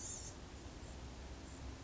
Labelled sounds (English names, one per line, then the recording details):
Blue-gray Gnatcatcher
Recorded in Sonoma County, California